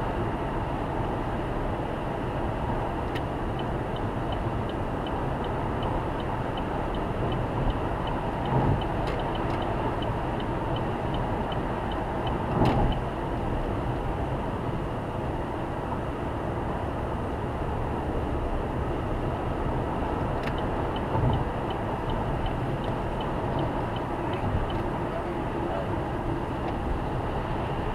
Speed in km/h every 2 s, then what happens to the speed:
121, 118, 121, 122, 122, 119, 113, 110, 112, 119, 118, 115, 109, 111.
0-8 steady at about 121. 8-13 slows to 110. 13-19 speeds up to 119. 19-28 slows to 111.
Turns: none.